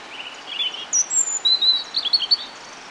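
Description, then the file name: European robin song, a run of high thin whistles and twittering notes, some sliding and trilled, over faint background hiss. "Erithacus rubecula"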